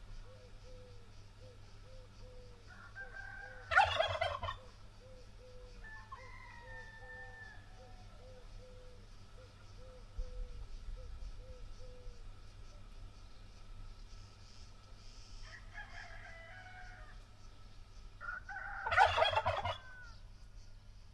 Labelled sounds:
Wild Turkey call
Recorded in captivity
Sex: male
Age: adult
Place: Vasilikos, Zakynthos, Ionien Islands, GR
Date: 2012-07-04
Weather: 25°C, sunny, almost windless
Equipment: Sound Devices 702, Sennheiser MKH 415 T, Rhode Windschutz
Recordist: Frommolt, Karl-Heinz

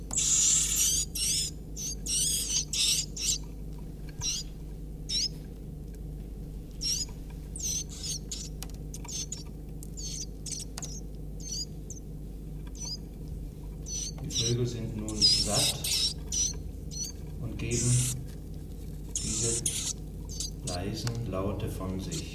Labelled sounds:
Iberian Chiffchaff call
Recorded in captivity
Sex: group
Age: juvenile
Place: Zoologisches Institut Universität Tübingen, Baden-Württemberg, DE
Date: 1964-06-16 14:15
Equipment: Nagra III PH, dynamisches Mikrophon, LGS26
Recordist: Schneider, Hans-Joachim

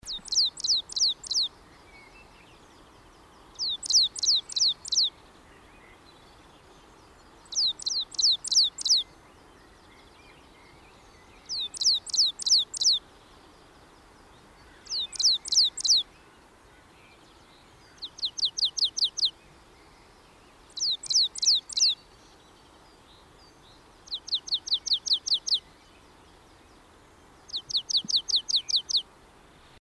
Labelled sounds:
Coal Tit song
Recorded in the wild
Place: Garmisch-Partenkirchen, Bayern, DE
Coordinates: 47.4928, 11.0769
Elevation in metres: 706
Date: 1968-04-21
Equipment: Nagra
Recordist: Tretzel, Erwin
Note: Vermutlich Maximilianstraße: Gesang

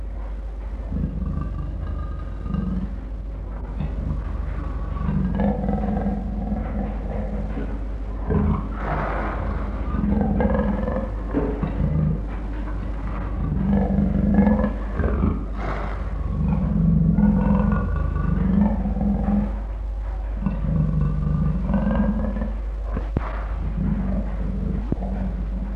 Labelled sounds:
Leopard
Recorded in captivity
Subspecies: delacouri
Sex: male
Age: adult
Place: Tierpark Berlin, Berlin, DE
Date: 1963-12-01 11:00
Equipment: Minifon, Kopie BG 26/1
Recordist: Tembrock, Günter

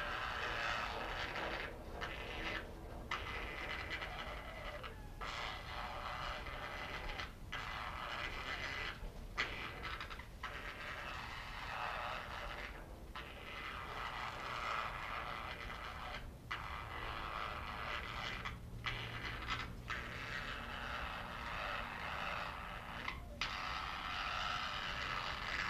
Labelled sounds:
Senegal Parrot call
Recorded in captivity
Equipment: Halbspur, 9,5 cm/s
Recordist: Lütgens, Hans

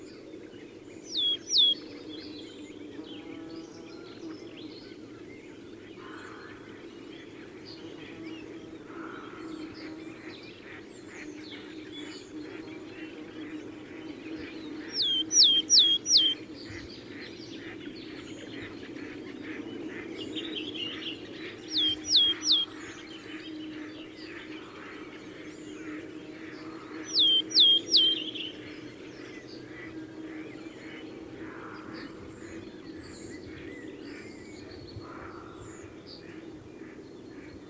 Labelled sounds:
Willow Tit
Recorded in the wild
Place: Brunn, Mecklenburg-Vorpommern, DE
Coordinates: 53.662, 13.335
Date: 1981-04-09 18:57
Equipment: Nagra III BH, Sennheiser MD 21, parabola
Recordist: Schubert, Michael

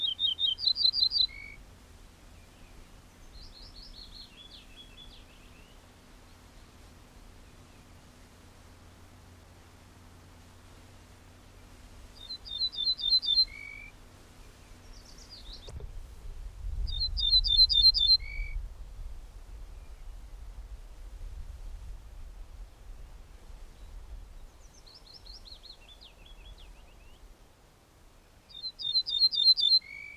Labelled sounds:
Ortolan Bunting song
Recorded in the wild
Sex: male
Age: adult
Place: Schloß Holte-Stukenbrock, Senne, Nordrhein-Westfalen, DE
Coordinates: 51.8706, 8.65889
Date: 1967
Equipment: Uher 4000 Report-S, Bändchenmikro Beyer M 260, Parabolspiegel Polyester (470 mm)
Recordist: Conrads, Klaus

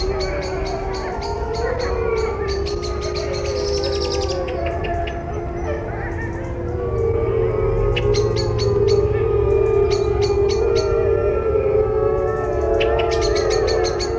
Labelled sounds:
Gray Wolf howling
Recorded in captivity
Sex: group
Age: adult
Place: Tierpark Berlin, Berlin, DE
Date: 1964-09-29 16:00
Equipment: Telefunken Magnetophon 300, Sennheiser MD 421, Transistorverstärker, Kopie Smaragd
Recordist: Tembrock, Günter

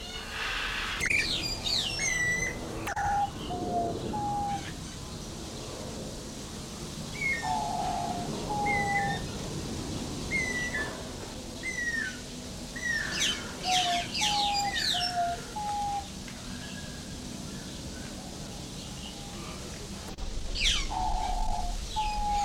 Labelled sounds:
White-headed Buffalo-Weaver
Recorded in captivity
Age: adult
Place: Zoo Berlin, Berlin, DE
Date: 1992-06-20 11:39
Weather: wolkig-heiter, 20-24°C
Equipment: Marantz CP 430, Sennheiser ME 80, Kopie Tesla B 116
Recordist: Tembrock, Günter

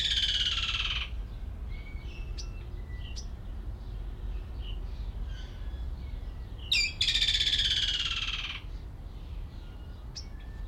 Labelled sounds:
Woodland Kingfisher call
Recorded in captivity
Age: adult
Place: Zoo Berlin, Berlin, DE
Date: 1994-05-21 11:46
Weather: heiter, 12-16°C
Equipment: Marantz CP 430, Sennheiser ME 80, Kopie Uher Variocord 263
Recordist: Tembrock, Günter
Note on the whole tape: Mehrere strophige Lautsequenzen, zuletzt Entfernung ca. 6 m

